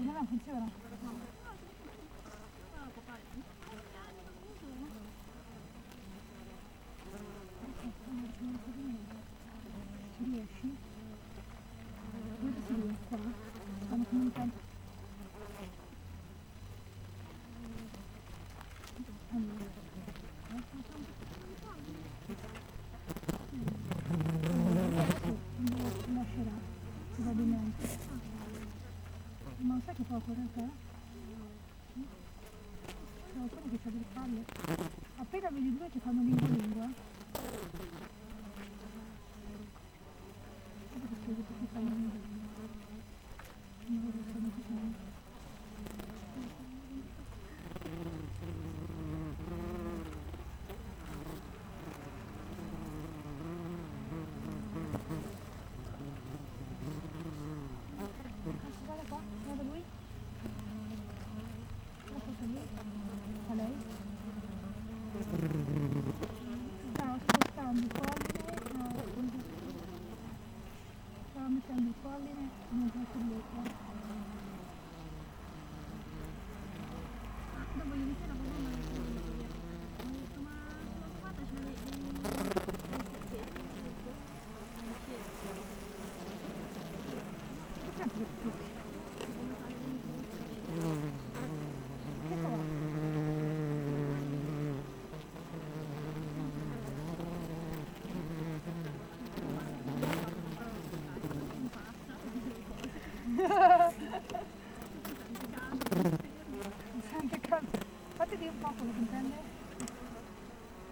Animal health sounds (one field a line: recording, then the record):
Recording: honeybee colony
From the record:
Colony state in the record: missing queen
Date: 14 July 2017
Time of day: 7:23